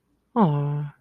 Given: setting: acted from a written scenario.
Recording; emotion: vocal sound without words; disappointment